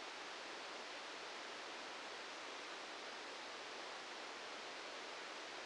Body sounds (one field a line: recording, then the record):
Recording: brain microelectrode recording played as sound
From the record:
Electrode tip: outside the subthalamic nucleus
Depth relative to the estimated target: -6 mm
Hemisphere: right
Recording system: NeuroSet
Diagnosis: Parkinson's disease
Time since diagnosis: 13 years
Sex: male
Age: 63 years